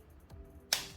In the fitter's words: push this, hear a click, right?